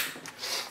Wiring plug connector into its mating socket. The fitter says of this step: and it pops right in and then this